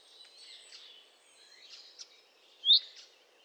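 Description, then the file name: Common chaffinch: a single sharp, bright note stands out near the end, over faint high chirps and twitters. "Fringilla coelebs"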